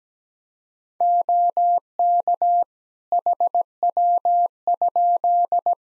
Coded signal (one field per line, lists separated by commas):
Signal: Morse code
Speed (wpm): 17 wpm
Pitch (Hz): 700 Hz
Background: none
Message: OK HW?